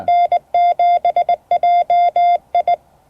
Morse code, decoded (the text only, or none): N7JI